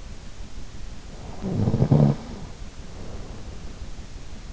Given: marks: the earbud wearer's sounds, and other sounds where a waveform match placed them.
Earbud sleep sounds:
sounds in sleep by an in-ear microphone; snoring breath
1.08-3.88 s: snoring breath

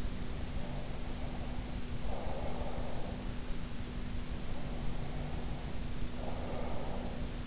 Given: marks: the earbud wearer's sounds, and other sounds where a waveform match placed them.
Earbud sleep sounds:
sounds in sleep by an in-ear microphone; breath
0.50-3.37 s: breath
4.23-7.47 s: breath

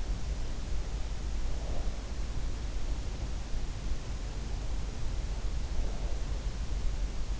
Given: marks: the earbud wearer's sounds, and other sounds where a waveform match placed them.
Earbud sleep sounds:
sounds in sleep by an in-ear microphone; breath
1.25-2.22 s: breath
5.51-6.61 s: breath

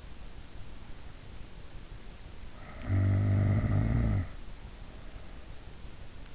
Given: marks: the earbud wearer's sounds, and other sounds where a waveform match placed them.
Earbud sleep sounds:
sounds in sleep by an in-ear microphone; snoring breath
2.54-4.48 s: snoring breath

